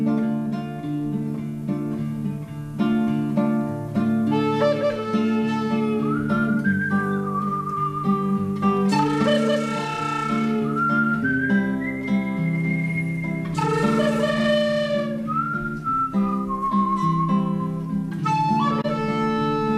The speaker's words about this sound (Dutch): Een van de bekendste fluitjes uit de filmgeschiedenis, denk ik.